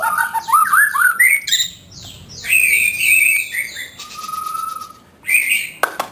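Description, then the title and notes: White-rumped shama song, rising whistled phrases, a high sweeping note and a long even tone, with short pauses between bursts. Song of the bird, offered for training caged birds (masteran). "Suara Kicau Burung Murai Batu. burung murai buat masteran"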